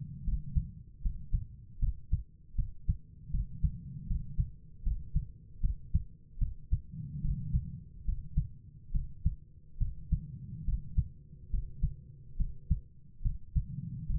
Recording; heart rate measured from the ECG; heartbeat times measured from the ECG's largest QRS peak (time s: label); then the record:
heart sounds by stethoscope; 74 bpm
0.23 s: heartbeat
1.01 s: heartbeat
1.78 s: heartbeat
2.55 s: heartbeat
3.30 s: heartbeat
4.06 s: heartbeat
4.82 s: heartbeat
5.60 s: heartbeat
6.38 s: heartbeat
7.21 s: heartbeat
8.04 s: heartbeat
8.91 s: heartbeat
9.77 s: heartbeat
10.64 s: heartbeat
11.50 s: heartbeat
12.36 s: heartbeat
13.21 s: heartbeat
14.06 s: heartbeat
From the record:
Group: healthy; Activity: rest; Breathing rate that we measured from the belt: 17 breaths a minute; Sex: female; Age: 32 years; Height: 172 cm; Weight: 71.7 kg